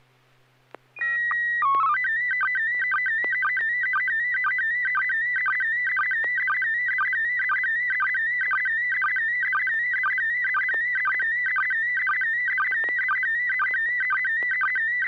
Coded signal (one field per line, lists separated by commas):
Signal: SSTV (slow-scan television)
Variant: PD 120